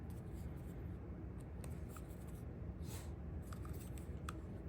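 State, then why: Not seated. A plastic back cover is handled against the housing of a Ford F-150 key fob during a battery replacement, with soft rubbing and light plastic ticks, including brief sharp taps around 1.7 s and 4.3 s. The cover is being fitted to be seated at the bottom end and pressed firmly on each side until it snaps shut, but nothing has seated or snapped into place yet.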